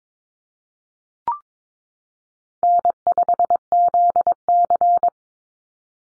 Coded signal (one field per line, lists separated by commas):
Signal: Morse code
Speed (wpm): 22 wpm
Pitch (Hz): 700 Hz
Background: none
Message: N5ZC